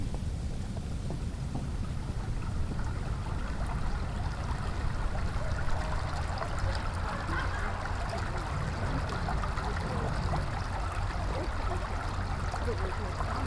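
Outdoors on a walk through a park, a steady rush of flowing water, like a creek or trickling stream, fills the whole clip at an even level. A deep low rumble sits underneath throughout, with a fine, busy splashing texture above it.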